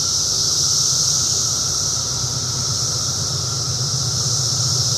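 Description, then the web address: Cicadas in a dense, continuous high hissing chorus, with a steady low rumble underneath throughout. Recorded in 2004. "~paradise cicadas 2004"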